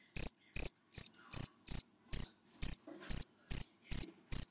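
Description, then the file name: Cricket calling with loud, regular high chirps roughly every half second, with faint soft sounds between them. Crickets calling, given by the Vietnamese names dế mèn, dế cơm and dế than. "Tieng de men de com de than keu"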